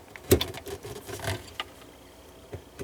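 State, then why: Seated. The solenoid valve of a KOHLER Malleco touchless kitchen faucet is pushed up onto the bottom of the faucet's supply pipe, and its quick-connect fitting gives a sharp click at 0.3 s as it seats, followed by a few lighter knocks and handling rattles, including a distinct tap at 1.6 s. The valve is then given a pull to check that it is tight.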